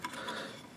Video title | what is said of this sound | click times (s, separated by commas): Type 81 Trigger Full Monty disassembly * | There it is. I just heard a click. | 0.1 s